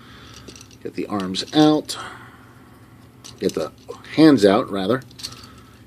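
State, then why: Seated. Someone talks while transforming a plastic Transformers Lio Convoy figure, a 2015 Collector's Club member exclusive, working the arms and hands out, with a few faint handling clicks early on. The robot's head is raised and snaps into its torso socket with a sharp click at 5.3 s, seating in place.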